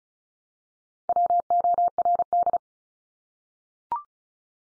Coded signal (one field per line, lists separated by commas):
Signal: Morse code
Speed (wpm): 34 wpm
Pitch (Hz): 700 Hz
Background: none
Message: WORD